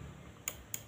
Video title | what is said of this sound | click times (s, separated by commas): STB Bekas Jadi Router Hotspot! Modal 170 Ribuan Bisa Voucheran!! Apakah Bisa? | Hm. Teman-teman bisa dengar klik. | 0.5 s, 0.7 s